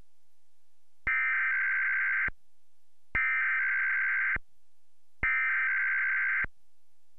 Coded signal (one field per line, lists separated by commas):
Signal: Emergency Alert System (SAME) tones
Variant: header bursts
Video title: TWC IntelliSTAR LF + EAS Required Weekly Test- Astoria, OR- May 4, 2015